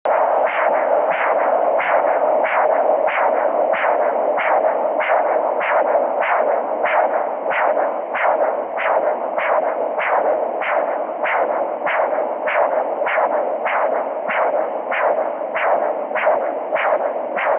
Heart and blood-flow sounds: Doppler ultrasound of blood flow; carotid artery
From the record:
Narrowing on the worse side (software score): occlusion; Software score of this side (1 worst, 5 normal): 2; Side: right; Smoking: never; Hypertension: yes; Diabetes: type 2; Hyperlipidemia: yes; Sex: female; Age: 67 years

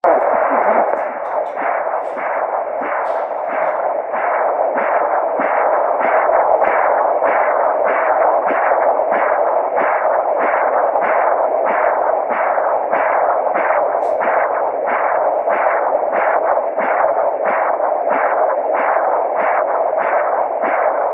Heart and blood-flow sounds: Doppler ultrasound of blood flow; carotid artery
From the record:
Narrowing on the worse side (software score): severe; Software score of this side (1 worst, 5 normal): 3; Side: right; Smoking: never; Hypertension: no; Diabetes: type 2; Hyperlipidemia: controlled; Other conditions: sickle cell disease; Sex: male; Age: 20 years

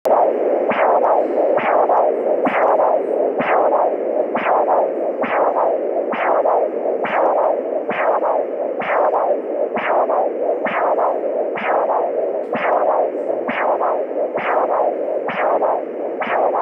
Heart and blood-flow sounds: Doppler ultrasound of blood flow; carotid artery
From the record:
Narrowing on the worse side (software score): occlusion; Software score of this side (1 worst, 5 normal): 1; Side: right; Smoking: current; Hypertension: yes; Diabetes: type 2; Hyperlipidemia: yes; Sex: male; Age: 63 years

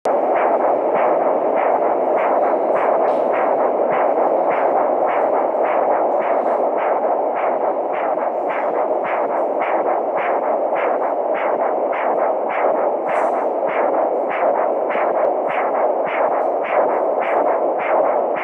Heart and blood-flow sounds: Doppler ultrasound of blood flow; carotid artery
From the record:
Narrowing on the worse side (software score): occlusion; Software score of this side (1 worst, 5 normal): 3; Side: right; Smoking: never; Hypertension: yes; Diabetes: type 2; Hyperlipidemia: yes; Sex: female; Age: 52 years

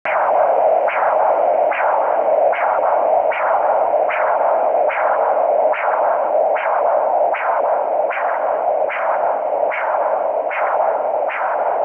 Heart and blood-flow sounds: Doppler ultrasound of blood flow; carotid artery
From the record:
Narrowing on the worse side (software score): occlusion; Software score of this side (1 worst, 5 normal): 1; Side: right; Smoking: current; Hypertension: yes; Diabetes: type 2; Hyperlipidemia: yes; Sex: male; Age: 34 years

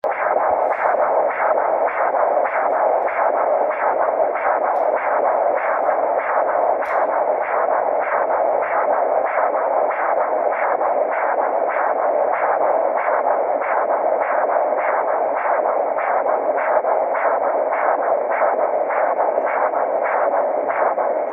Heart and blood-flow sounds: Doppler ultrasound of blood flow; carotid artery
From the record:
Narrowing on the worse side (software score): occlusion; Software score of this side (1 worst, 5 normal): 1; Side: left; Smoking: never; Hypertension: yes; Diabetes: type 1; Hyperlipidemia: yes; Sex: female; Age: 73 years

